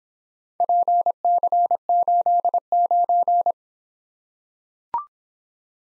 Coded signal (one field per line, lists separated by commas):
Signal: Morse code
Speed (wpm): 26 wpm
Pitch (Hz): 700 Hz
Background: none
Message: PC89